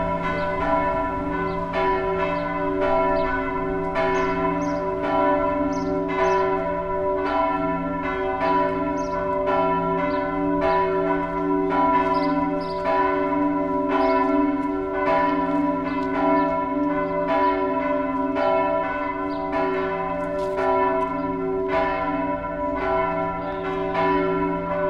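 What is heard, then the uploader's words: Church bells ring out for the midday chimes, struck in a quick, steady, overlapping peal roughly two or three times a second for the whole stretch. The tones are rich and ringing, with a deep humming hang beneath, and the level stays constant. Walked passed a church (Mariakirken, Bergen) , just in time for the mid-day chimes.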